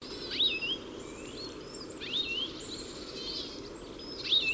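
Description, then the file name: European goldfinch uttering three short, rising-and-falling tinkling calls spaced about two seconds apart over a low continuous hiss. "Carduelis carduelis"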